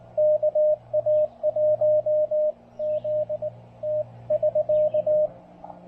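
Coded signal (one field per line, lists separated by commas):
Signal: Morse code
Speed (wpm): 19 wpm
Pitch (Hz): 610 Hz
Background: radio noise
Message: KA1Z T <SK>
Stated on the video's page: Park activation on 20 and 40 meters with an Elecraft K1 QRP rig, including a park-to-park contact.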